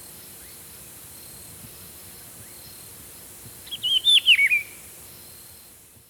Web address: Natures Songs S America Birds of Ecuador Rufous-Browed Peppershrike